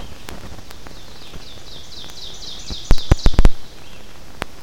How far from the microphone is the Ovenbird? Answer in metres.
about 55 m